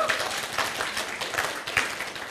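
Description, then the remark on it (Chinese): A church audience breaks into steady applause during a sermon, giving glory to God, a dense wash of many hands clapping at a fairly even level throughout, with a few sharper claps poking out from the crowd. “把荣耀掌声大声点归给神好吗？”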